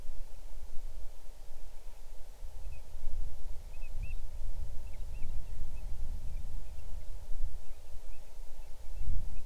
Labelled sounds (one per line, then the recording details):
bird
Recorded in the Arctic National Wildlife Refuge, Alaska, on 6 July 2019 at 00:32
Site 39